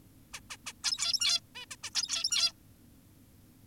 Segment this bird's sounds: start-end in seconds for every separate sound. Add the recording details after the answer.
0.33-0.40, 0.51-0.57, 0.66-0.73, 0.84-1.40, 1.55-1.66, 1.71-1.76, 1.84-1.90, 1.95-2.53. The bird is an adult. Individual g17y2U